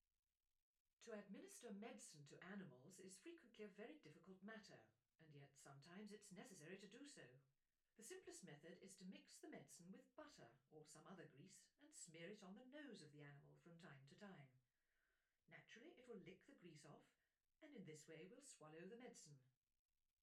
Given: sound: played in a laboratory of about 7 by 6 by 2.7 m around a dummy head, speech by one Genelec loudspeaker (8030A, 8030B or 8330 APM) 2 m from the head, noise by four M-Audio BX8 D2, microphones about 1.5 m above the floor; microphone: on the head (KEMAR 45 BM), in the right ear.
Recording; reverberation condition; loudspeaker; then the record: female speech in English; low; 90 degrees to the left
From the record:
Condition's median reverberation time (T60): about 310 ms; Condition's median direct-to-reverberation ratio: about 3.5 dB